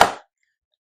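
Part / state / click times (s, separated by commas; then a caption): plastic building brick onto brick model / seated / 0.0 s. A plastic LEGO piece is pushed onto the LEGO Super Mario 71426 Piranha Plant model and snaps into place with a single sharp click at 0.0 s that fades within about 0.2 s, followed by near silence. The piece is seated and fits tightly.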